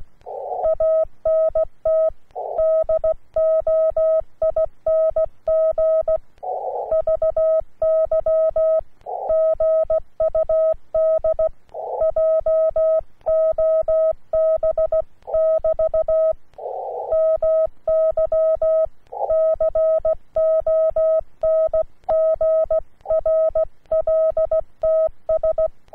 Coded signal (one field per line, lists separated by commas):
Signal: Morse code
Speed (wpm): 16 wpm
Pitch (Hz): 640 Hz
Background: none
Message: ANT DOING VY GUD JOB<BT> MY CONGRLTS